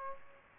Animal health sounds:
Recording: mosquito wingbeat signal from an infrared sensor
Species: Aedes aegypti

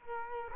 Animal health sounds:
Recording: mosquito wingbeat signal from an infrared sensor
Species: Culex quinquefasciatus

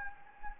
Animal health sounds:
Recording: mosquito wingbeat signal from an infrared sensor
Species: Anopheles gambiae

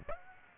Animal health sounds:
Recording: mosquito wingbeat signal from an infrared sensor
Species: Aedes aegypti

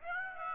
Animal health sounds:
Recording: mosquito wingbeat signal from an infrared sensor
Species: Aedes aegypti

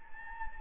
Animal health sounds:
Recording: mosquito wingbeat signal from an infrared sensor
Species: Anopheles gambiae

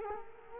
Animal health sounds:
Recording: mosquito wingbeat signal from an infrared sensor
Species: Culex quinquefasciatus

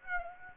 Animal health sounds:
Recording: mosquito wingbeat signal from an infrared sensor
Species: Aedes aegypti

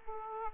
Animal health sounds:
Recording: mosquito wingbeat signal from an infrared sensor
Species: Aedes aegypti

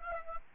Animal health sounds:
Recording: mosquito wingbeat signal from an infrared sensor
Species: Aedes albopictus

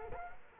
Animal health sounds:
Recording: mosquito wingbeat signal from an infrared sensor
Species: Culex quinquefasciatus

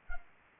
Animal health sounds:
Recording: mosquito wingbeat signal from an infrared sensor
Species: Anopheles arabiensis

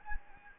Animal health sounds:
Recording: mosquito wingbeat signal from an infrared sensor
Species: Anopheles gambiae

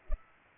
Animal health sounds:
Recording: mosquito wingbeat signal from an infrared sensor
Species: Culex pipiens

